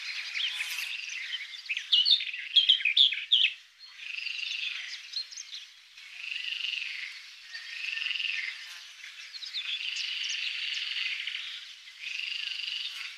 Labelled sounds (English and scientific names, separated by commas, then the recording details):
Barred Warbler (Sylvia nisoria) song
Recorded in the wild
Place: Pripyatskiy NP, BY
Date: 2005-05-28
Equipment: Minidisc Sony MZ-R35, Telinga DAT, Telinga-Parabolspiegel
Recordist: Schwarz, Dieter